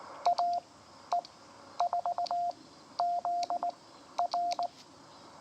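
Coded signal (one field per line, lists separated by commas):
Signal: Morse code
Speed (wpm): 19 wpm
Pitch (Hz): 700 Hz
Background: none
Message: AE4ZR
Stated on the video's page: QRP Parks on the Air activation from Schoharie Crossing State Historic Site, upstate New York.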